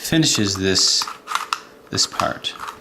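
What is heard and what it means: Someone talks while turning and moving a plastic piece into position on a two-layer twisty puzzle, with short clicky handling sounds between the words. The piece has not yet clicked into place by the end of the clip.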